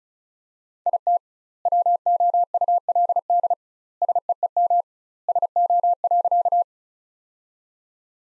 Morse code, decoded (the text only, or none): IT WOULD SEEM SO.